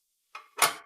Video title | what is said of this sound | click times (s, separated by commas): TurnAid T4: Introduction of standard functions | Then it clicks and it locks into place. | 0.6 s